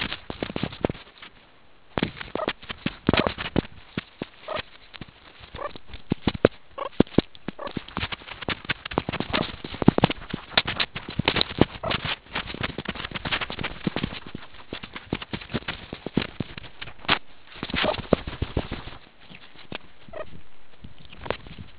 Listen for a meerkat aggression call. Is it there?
no